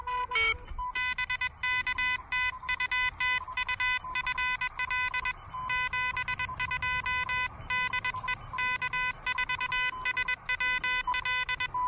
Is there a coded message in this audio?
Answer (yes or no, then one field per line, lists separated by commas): yes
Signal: Morse code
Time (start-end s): 1.0-11.7 s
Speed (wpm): 22 wpm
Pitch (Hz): 2000 Hz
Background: none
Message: BK TU TU FL 72 DE K4SWL